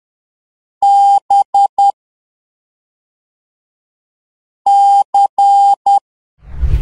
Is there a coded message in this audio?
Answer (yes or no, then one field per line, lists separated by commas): yes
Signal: Morse code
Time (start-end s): 0.8-6.0 s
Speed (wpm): 10 wpm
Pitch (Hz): 800 Hz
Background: none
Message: B C